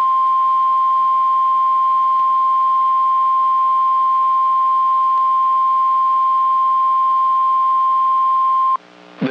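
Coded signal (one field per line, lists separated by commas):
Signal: Emergency Alert System (SAME) tones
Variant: 1050 Hz attention tone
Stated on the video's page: Real severe thunderstorm, tornado and flash flood warnings for North and Central Texas from transmitters at Fort Worth, Dallas and Waco.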